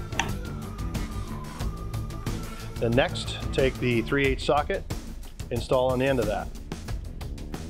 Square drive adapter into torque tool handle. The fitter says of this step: you insert it you want to be able to hear an audible click